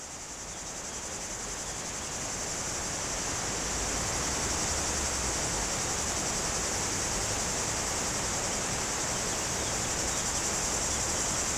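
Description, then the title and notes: Cicadas buzz in a steady, high, unbroken chorus that swells slightly over the first seconds, layered over a constant broad rushing of flowing river water. Cicadas very active in trees near the Jourdan river, on the slopes of the Grand Colombier above Culoz, France, on a hot day; river audible. "Chem. de Romagnieux, 01350 Culoz, France - Rivière et cigales. Sur les pentes du Grand Colombier au dessus de Culoz , par cette chaude journée les cigales sont très actives dans les arbres près du Jourdan"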